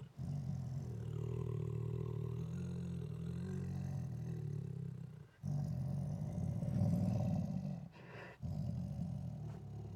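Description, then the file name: Siberian tiger growling, a deep throaty rumble that swells and dips, with brief breaks. Aggressive behaviour: growling combined with roars and snarls. "Siberian Tiger Aggressively Growls With Roars and Snarls [Sound Ideas]"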